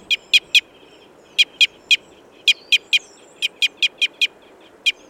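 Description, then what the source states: Red crossbill giving sharp, dry calls in quick bursts of three to five, with one single note. Type N call type; excitement calls.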